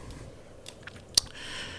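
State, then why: Seated. A custom plastic Z-bar part for a 1:12 scale action-figure motorcycle is pressed into the motorcycle's original peg hole. A few faint ticks lead up to a single sharp snap at 1.2 s as the bar pops into the hole and seats.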